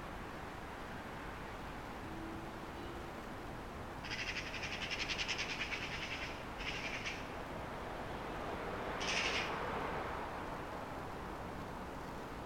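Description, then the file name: Eurasian magpie giving harsh, rattling chatter in three bursts, a long one then two shorter, over steady background hiss. "Pica pica"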